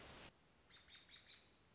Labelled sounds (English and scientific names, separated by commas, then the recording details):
American Robin (Turdus migratorius)
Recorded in Sonoma County, California